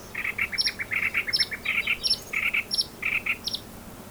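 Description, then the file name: Common nightingale song: jumbled bursts of buzzy chattering notes mixed with thin high whistles, irregular and varied throughout. "Luscinia megarhynchos"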